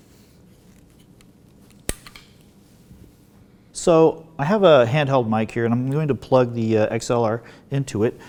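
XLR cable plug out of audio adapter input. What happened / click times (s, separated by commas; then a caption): The connector latch released and the plug came free / 1.9 s. A three-pin XLR cable plug is pulled out of the input of an audio adapter while the lock tab is pushed up, releasing the connector. A sharp click sounds at 1.9 s, with a few softer handling taps around it. After that someone talks.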